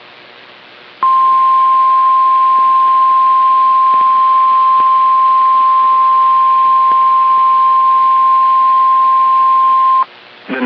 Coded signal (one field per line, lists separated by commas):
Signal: Emergency Alert System (SAME) tones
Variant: 1050 Hz attention tone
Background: speech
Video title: Severe Thunderstorm Watch | EAS #465